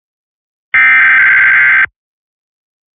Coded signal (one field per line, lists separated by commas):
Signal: Emergency Alert System (SAME) tones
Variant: header bursts